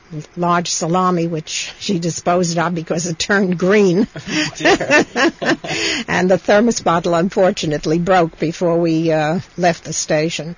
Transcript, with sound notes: large salami, which she disposed of because it turned green. (They laugh) And the thermos bottle unfortunately broke before we left the station.